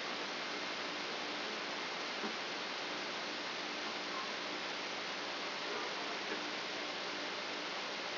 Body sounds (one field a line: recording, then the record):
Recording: brain microelectrode recording played as sound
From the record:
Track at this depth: outside the subthalamic nucleus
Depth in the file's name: 8.628 mm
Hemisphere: left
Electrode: 2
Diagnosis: Parkinson's disease